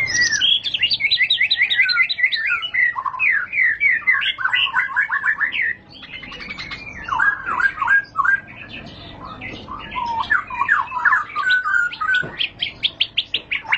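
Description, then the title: White-rumped shama song, a rapid varied stream of chattering trills and sharp whistled notes, briefly pausing near the middle before resuming with quick repeated strokes. Lure recording (pancingan) of a high-quality caged bird song, much sought for use as a master tutor recording to train other caged birds. "Pancingan Murai Batu Berkelas Banyak Di Cari Buat Masteran"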